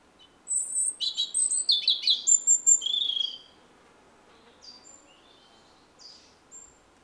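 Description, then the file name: European robin song: a rapid run of thin, high, tinkling notes and short trills for about three seconds, then a few faint, scattered high whistles after a pause. "Erithacus rubecula"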